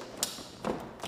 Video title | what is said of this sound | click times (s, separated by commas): Studio Setups - How to setup a SIMPLE yet PRODUCTIVE studio in a SMALL SPACE | sure it's going to go on, there we go, and locking it off. | 0.2 s